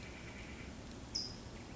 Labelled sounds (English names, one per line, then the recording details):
California Towhee
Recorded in Sonoma County, California